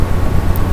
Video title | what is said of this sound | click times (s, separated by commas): VLOG: coming back in!! | and clicks into place when you fill it, | 0.6 s